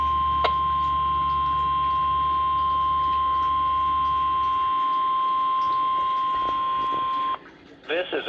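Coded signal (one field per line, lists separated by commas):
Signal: Emergency Alert System (SAME) tones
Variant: 1050 Hz attention tone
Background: speech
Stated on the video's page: Required weekly test relayed on weather radio station KXI79.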